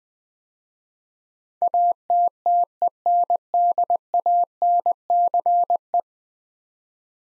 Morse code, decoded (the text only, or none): ATTENDANCE